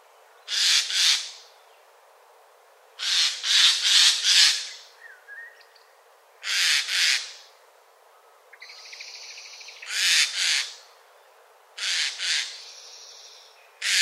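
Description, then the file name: Eurasian jay giving harsh, rasping screeches in pairs or short runs, spaced a few seconds apart. "Garrulus glandarius"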